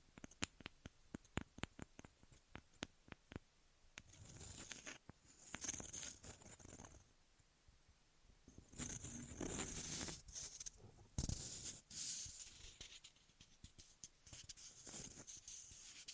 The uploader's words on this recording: ASMR 3Dio FS Pro II Mic Test Ear Massage, Cleaning etc (No Talking).